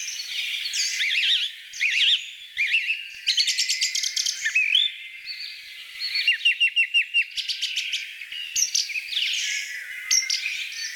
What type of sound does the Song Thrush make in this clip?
song